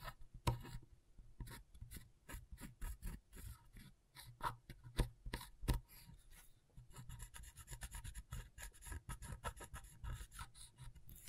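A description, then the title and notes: Scratchboard being scraped in short, rasping strokes, each a quick bright scratch with a low thump underneath. The strokes come irregularly in the first half, then turn into a denser, faster run of small scrapes from about seven seconds on. ASMR Brain Tingling Scratchboard (No Talking).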